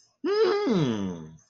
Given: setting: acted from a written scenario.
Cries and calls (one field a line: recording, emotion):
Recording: vocal sound without words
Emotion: interest